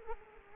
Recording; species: mosquito wingbeat signal from an infrared sensor; Culex quinquefasciatus